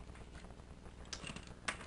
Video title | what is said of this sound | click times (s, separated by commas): Chinese Super Sentai Solar Saver (transformable) Review - CollectionDX | little snap there | 1.7 s